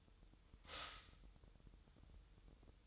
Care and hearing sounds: daily activity, microphone in the room; stop toaster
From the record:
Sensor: 3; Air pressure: 988.6 hPa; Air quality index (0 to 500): 195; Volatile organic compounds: 304 ppm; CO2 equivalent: 4490 ppm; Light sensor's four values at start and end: 23/72/30/26 and 23/72/30/26

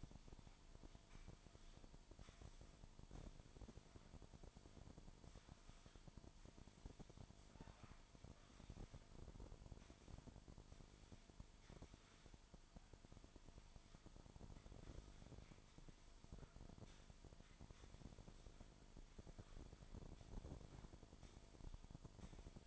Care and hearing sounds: daily activity, microphone in the room; sweep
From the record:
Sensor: 5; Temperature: 24.7 degrees Celsius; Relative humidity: 41.5%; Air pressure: 1003.2 hPa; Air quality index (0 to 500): 131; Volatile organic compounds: 1 ppm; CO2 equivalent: 963 ppm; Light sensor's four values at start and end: 50/120/51/57 and 52/124/52/59

